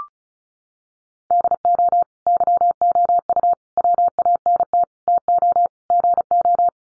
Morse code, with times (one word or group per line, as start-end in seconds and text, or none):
1.3-2.0 DO
2.3-3.5 YOU
3.8-4.8 WANT
5.1-5.7 TO
5.9-6.7 GO